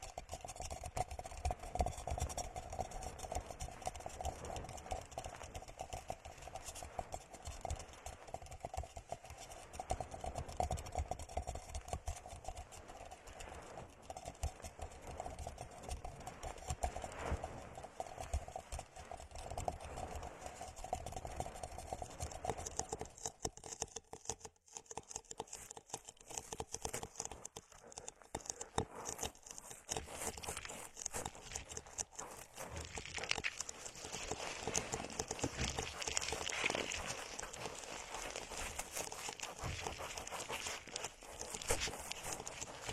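Plants are rubbed and circled around the ears, making a dense, constant rustling and scratching that fills the whole clip with busy crackle. A low steady hum runs underneath, and around the 25-second mark the rustling briefly thins and cuts out before resuming.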